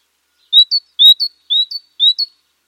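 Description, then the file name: Great tit song of four clear, ringing two-note phrases, each a longer whistle running into a short higher note, repeated at a steady pace in quiet surroundings. "Parus major"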